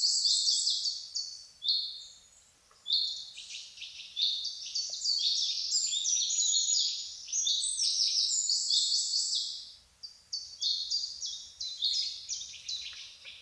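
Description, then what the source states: Birds singing steadily, many high chirping notes packed close together, with a couple of short lulls between bursts of layered twittering. Birds singing in a forest in the morning.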